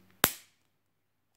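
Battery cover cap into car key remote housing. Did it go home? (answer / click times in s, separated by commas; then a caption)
yes / 0.2 s. The plastic battery cover cap of an Audi car key remote is pressed on from front to back after the battery change. A faint tick at 0.1 s is followed at 0.2 s by one sharp, loud snap that fades by about 0.5 s, then silence. The cap latches fully into the key remote housing.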